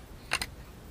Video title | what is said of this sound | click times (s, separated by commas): a sling-rifle like no other | locks in place here now it's ready to shoot so | 0.3 s, 0.4 s